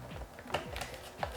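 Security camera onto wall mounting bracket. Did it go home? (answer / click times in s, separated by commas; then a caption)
no / none. An aosu SolarCam D1 Classic security camera is being handled and slid toward its wall mounting bracket, with soft scraping and several sharp taps around 0.5, 0.8, and 1.2 seconds and a louder hit right at the end. The clip ends before the camera goes home, and nothing has seated or clicked into the bracket yet.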